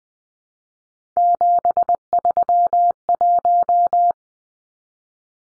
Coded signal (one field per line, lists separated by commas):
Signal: Morse code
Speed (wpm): 20 wpm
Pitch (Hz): 700 Hz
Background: none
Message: 731